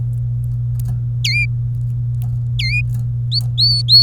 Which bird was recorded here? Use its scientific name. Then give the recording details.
Serinus canaria. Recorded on 25 April 2018 at 11:58. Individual llb3